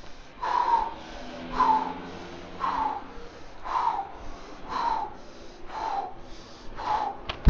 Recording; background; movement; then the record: deep breathing; traffic; walking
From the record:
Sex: male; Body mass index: 22.0 kg/m2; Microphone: on the chest, facing outward